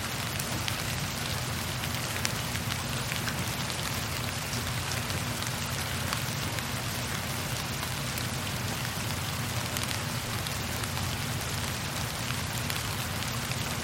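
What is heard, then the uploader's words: Light rain falls steadily, a dense, even patter of drops across a surface with no breaks or build-ups over the whole stretch. Small crisp taps flicker through the hiss, and a faint low hum sits underneath throughout. Light Rain Sounds.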